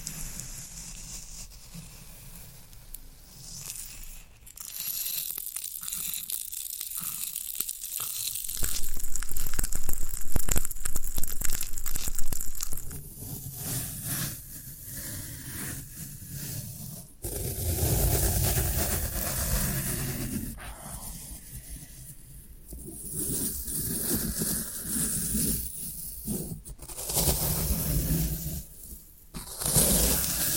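Floral foam being handled, with crumbly, crunching and scraping sounds that come in bursts rather than a steady stream. The loudest, densest crushing runs from about 9 to 13 seconds, with other rough pushes and tears around 18, 22 and 30 seconds.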